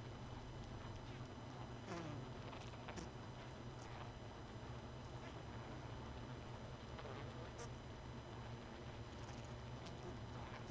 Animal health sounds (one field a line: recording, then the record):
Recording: honeybee colony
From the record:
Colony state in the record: missing queen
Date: 31 May 2018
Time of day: 1:09